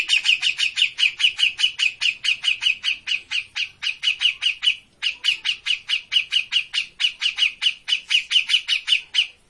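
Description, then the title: Grey-cheeked bulbul giving a fast series of sharp, bright chirps, with one short pause midway; no other sounds. Bird-training master recording of an actively singing (gacor) cucak jenggot. "Cucak Jenggot Gacor. Masteran burung cucak jenggot ! Suaka burung"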